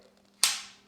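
A carbon fiber tripod leg section is pulled out and clicks into its locked position in the leg lock at 0.4 seconds. The click is a sharp, bright snap that fades quickly, heard over a faint steady hum. The leg section is seated and locked.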